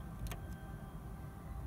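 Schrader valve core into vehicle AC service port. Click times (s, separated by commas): 0.3 s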